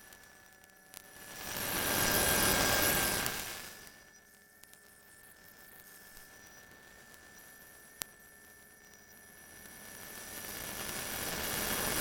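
High-altitude sound from the stratosphere: a soft roar swells up from near silence, peaks around two to three seconds, and fades by four. A thin steady whistle runs throughout, a sharp click lands near eight seconds, and a faint hiss builds toward the end.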